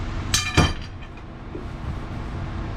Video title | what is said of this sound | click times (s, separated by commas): How to Build (RUIN) an engine like a pro! Don't Watch! | That's the click right there. | 0.3 s